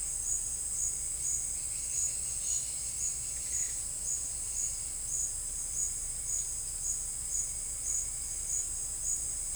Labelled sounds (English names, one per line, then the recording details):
none
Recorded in secondary vegetation near Puerto Asís, Putumayo, Colombia, on 18 December 2024 at 11:00
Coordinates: 0.481, -76.318
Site G042